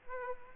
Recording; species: mosquito wingbeat signal from an infrared sensor; Aedes aegypti